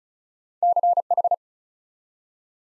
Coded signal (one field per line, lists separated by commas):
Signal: Morse code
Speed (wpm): 36 wpm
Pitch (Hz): 700 Hz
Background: none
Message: CH